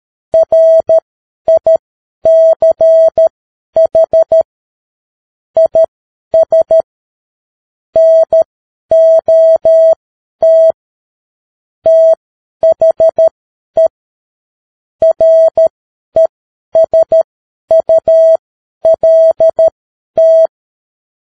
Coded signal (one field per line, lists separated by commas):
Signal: Morse code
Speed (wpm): 13 wpm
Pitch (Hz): 650 Hz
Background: none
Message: RICH IS NOT THE RESULT